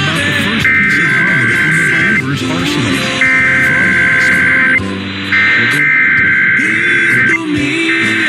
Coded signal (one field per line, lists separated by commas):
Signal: Emergency Alert System (SAME) tones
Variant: header bursts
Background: speech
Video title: IPAWS Weekly Tests (EAS #294-301) 4/8/24